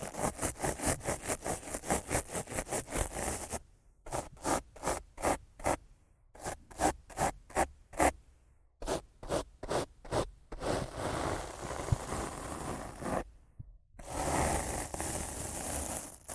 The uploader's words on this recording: ASMR Rough Mic Scratching & Brushing (No Talking).